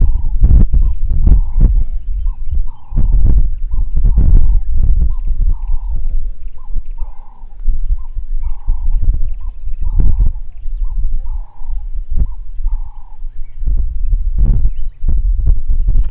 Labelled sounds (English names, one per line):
Ring-necked Dove